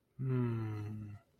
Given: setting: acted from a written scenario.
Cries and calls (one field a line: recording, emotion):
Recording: vocal sound without words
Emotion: serenity